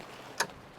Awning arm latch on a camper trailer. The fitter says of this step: you'll hear that one click then you just kind of pull it uh apart so it can form its box